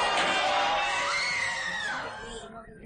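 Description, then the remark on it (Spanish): A crowd of people in the street screams and shouts together while running in all directions, a dense, high-pitched wash of voices holding steady for about two seconds before thinning out and fading toward silence. “Como gritan en la calle. Y corren en todas las direcciones.”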